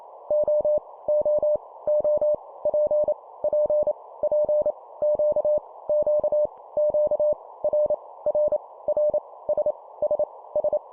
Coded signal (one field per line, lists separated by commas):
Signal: Morse code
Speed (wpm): 28 wpm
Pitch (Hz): 600 Hz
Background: none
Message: O O O P P P Q Q Q R R R S S S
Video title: 25wpm Repeat three times Letter, morse code practice